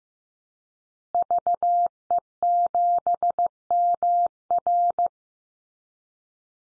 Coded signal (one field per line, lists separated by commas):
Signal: Morse code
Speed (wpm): 15 wpm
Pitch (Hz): 700 Hz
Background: none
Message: VE7MR